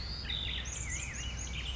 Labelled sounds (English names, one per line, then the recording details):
Black-headed Grosbeak
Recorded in Sonoma County, California